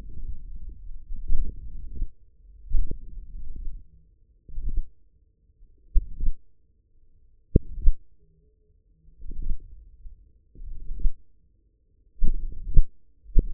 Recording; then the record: forearm muscle sounds (acoustic myography)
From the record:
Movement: hand closing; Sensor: system 1, eight BSWA MPA416 microphones around the upper forearm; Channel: 5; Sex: male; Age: 54 years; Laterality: right